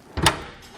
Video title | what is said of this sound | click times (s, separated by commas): etrailer - The Low-Down on the MORryde Camping Kitchen with Storage Compartment for Jeep Wrangler | You can slide into place, and now it's going to lock in | 0.3 s